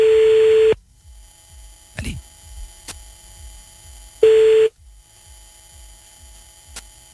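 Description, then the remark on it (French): A phone line rings out twice before an Orange voicemail answers: two short bursts of a steady mid-pitched ringing tone, about three and a half seconds apart, with quiet line hiss and faint clicks between them. “On met une sonnerie”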